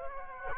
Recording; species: mosquito wingbeat signal from an infrared sensor; Culex quinquefasciatus